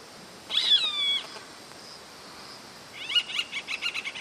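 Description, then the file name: Finch song: a thin, slurred, high whistled note falling slightly, a pause, then a quick run of bright, buzzy twittering notes. "canto do pintassilgo"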